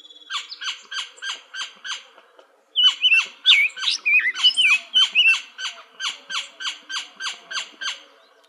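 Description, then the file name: Gila woodpecker calls: a steady series of short, harsh, downslurred notes, about three per second, with a pause, and whistled, warbling notes over the middle. Arizona, 24 April 2004. "GIWO 5 deviche"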